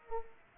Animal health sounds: mosquito wingbeat signal from an infrared sensor; Culex pipiens

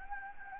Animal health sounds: mosquito wingbeat signal from an infrared sensor; Anopheles gambiae

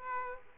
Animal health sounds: mosquito wingbeat signal from an infrared sensor; Aedes aegypti

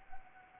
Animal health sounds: mosquito wingbeat signal from an infrared sensor; Anopheles arabiensis

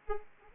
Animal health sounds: mosquito wingbeat signal from an infrared sensor; Anopheles arabiensis

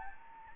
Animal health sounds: mosquito wingbeat signal from an infrared sensor; Anopheles gambiae

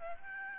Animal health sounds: mosquito wingbeat signal from an infrared sensor; Aedes albopictus

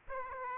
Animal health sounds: mosquito wingbeat signal from an infrared sensor; Aedes aegypti

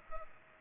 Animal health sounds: mosquito wingbeat signal from an infrared sensor; Culex pipiens

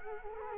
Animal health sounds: mosquito wingbeat signal from an infrared sensor; Culex quinquefasciatus

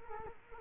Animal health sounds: mosquito wingbeat signal from an infrared sensor; Culex quinquefasciatus

